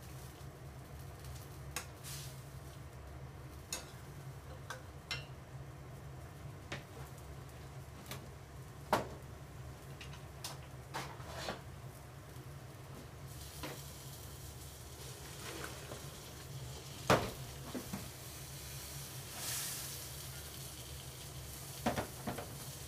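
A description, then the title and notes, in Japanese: Kitchen sounds while preparing shrimp noodles after washing up. A steady low hum runs throughout, with scattered light clinks and taps every second or two. From about 13 seconds a soft, sizzling hiss joins in, with a sharp clack near 17 seconds. 洗い物の後はえびそば。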